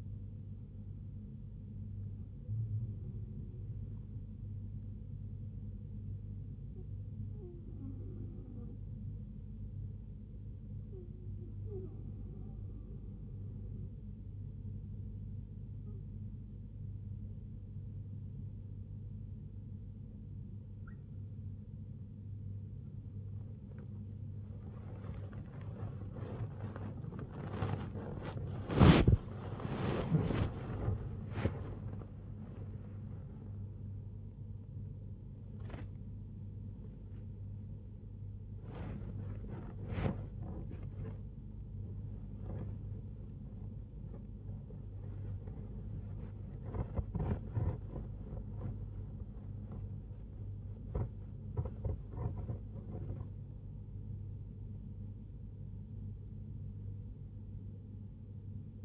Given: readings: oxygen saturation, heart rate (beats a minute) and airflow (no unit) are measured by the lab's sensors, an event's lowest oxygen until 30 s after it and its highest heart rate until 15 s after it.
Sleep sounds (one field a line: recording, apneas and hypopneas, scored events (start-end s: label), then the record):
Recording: a person awake in a sleep study, by a smartphone at the bedside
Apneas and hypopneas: 1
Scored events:
9.00-23.70 s: hypopnea (N1, oxygen 95% highest, then 95% lowest, heart rate 75 at the start, 90 highest)
25.00-55.00 s: new sleep stage, awake
55.00-58.85 s: new sleep stage, N1 (lightest sleep)
From the record:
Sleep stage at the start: N1 (lightest sleep)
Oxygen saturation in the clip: 93 to 97%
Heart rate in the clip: 73 to 90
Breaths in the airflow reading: 13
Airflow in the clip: -7.7 to 8.4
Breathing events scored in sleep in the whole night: 158 in 7.3 hours asleep